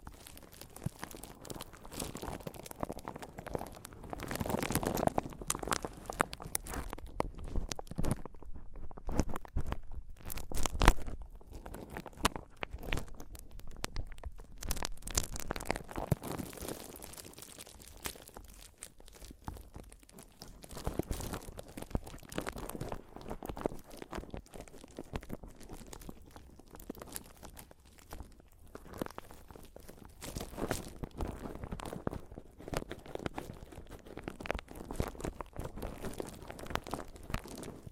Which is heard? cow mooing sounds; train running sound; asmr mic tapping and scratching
asmr mic tapping and scratching